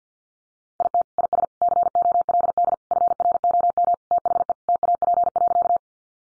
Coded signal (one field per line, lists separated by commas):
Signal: Morse code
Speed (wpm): 48 wpm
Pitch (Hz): 700 Hz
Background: none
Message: IT IS COLD FROM THE TAP.